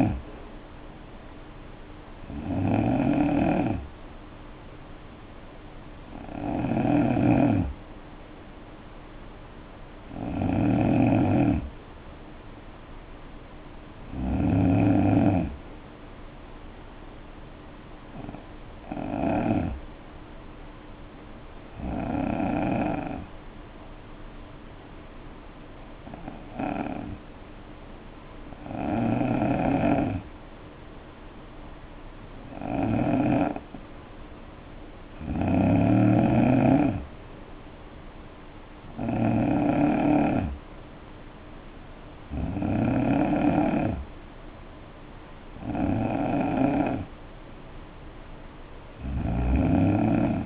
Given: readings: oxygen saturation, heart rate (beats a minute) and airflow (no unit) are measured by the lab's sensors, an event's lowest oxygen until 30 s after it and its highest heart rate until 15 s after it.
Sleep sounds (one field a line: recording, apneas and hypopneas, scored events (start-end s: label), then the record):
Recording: breathing in sleep by a voice recorder at the bedside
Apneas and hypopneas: 1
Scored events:
2.00-50.46 s: new sleep stage, N3 (deep sleep)
18.00-33.10 s: hypopnea (N3, oxygen 93% highest, then 87% lowest, heart rate 60 at the start, 64 highest)
From the record:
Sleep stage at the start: N2 (light sleep)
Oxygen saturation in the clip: 86 to 93%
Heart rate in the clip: 58 to 70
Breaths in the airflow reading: 13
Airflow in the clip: -8.7 to 4.9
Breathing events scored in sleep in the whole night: 520 in 7.2 hours asleep